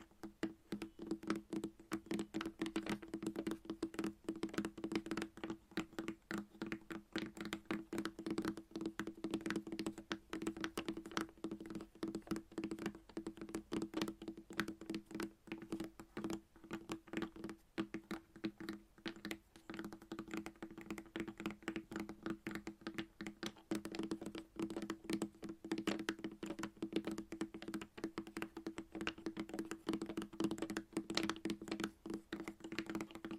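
Chalk is tapped and scratched in quick, dense bursts that run without pause for the whole half minute, crisp clicks crowding close together with only brief gaps. A steady low hum sits underneath throughout, unchanging from start to finish.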